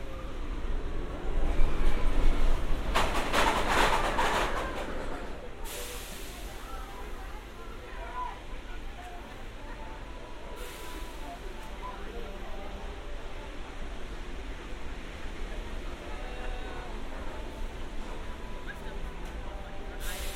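A walk at Santa Monica Pier near the rides. A loud rattling roar rises around two seconds and fades by five, like a coaster car rushing past. Afterward a steady murmur of voices and crowd noise continues over a constant low rumble.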